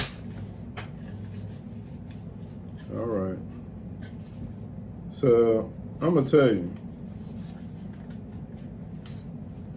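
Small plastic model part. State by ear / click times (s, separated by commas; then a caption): not seated / none. Someone tries to snap the other half of a plastic seat onto the seat of a snap-on Camaro model car, but the piece breaks off instead of latching. Someone talks in short bursts over a steady low hum with faint light handling noises. Nothing has seated or clicked.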